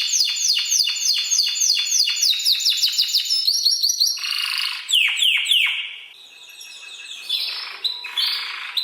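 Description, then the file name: Canary song of quick repeated sweeping notes giving way to softer buzzy, rasping phrases and a few scattered trills. "Canary Singing"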